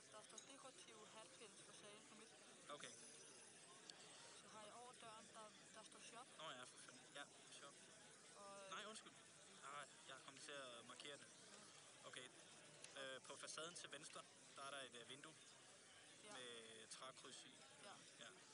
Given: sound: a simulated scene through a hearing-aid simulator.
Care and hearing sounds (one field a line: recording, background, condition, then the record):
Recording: conversation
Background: cafeteria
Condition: +4 dB SNR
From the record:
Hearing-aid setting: II (fast-acting compression, audibility-based gain, advanced features for about 2.5 dB of SNR improvement)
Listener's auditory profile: A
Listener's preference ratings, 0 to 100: 44, 29, 15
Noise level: 65 dB SPL